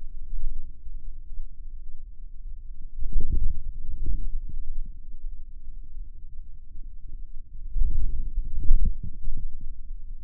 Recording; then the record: forearm muscle sounds (acoustic myography)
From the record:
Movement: inward rotation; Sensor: system 2, bracelet of six BSWA MPA416 microphones around the upper forearm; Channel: 4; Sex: male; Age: 22 years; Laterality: right